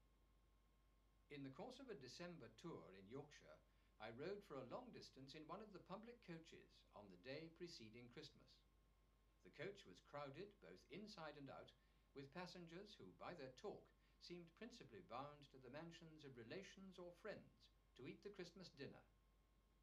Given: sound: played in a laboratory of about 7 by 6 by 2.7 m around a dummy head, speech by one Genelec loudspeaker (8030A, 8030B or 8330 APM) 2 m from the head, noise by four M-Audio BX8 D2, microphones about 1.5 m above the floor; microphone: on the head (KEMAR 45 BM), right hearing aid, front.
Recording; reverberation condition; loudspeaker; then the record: male speech in English; low; 90 degrees to the right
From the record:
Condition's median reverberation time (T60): about 310 ms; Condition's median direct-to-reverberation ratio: about 3.5 dB